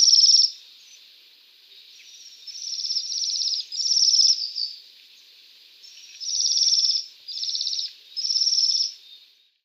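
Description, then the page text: Bohemian waxwing calls: a series of short, high, shivering trills, some clustered back to back, separated by brief silent gaps. "Голоса птиц - Свиристель"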